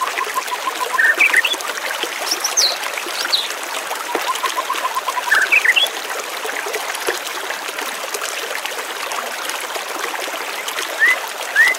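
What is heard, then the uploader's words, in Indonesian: Water runs steadily throughout, a dense, even rushing with no low rumble. Birds call over it in short bursts: quick rising chirps near the start, again around five to six seconds, and a final pair at the very end, with softer repeated notes between. Kumpulan suara air dan kicauan burung.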